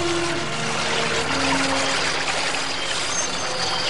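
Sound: river water flowing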